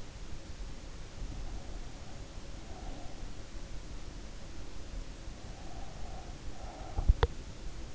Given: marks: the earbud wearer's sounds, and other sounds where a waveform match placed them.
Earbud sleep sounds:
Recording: sounds in sleep by an in-ear microphone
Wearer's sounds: breath, teeth grinding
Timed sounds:
1.38-3.25 s: breath
5.57-7.29 s: breath
6.85-7.43 s: teeth grinding

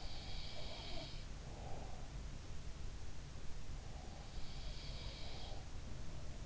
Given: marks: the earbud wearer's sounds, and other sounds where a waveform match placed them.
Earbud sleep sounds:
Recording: sounds in sleep by an in-ear microphone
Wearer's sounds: breath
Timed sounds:
0.00-2.10 s: sound from someone else or the room
0.45-2.10 s: breath
4.30-5.87 s: sound from someone else or the room

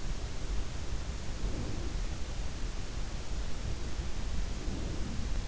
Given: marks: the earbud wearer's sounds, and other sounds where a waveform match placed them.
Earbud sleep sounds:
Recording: sounds in sleep by an in-ear microphone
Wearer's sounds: breath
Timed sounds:
1.15-2.08 s: breath
4.37-5.37 s: breath

